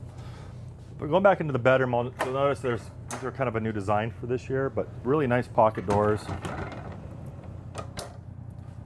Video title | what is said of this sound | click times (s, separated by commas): 2023 Newmar Ventana 4369 - 5N221606 | they lock closed and they lock open keep in mind you want to hear that click | 8.0 s